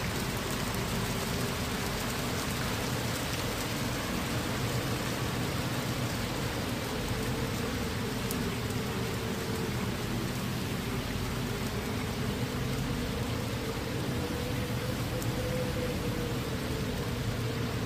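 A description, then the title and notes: Steady night rain falls over Bruges, a dense, even hiss that holds without pause for the whole stretch. A low rumbling drone sits underneath, wavering slightly in pitch, while a few faint sharper ticks surface now and then. Thunder during the Night with rain - Bruges, Belgium.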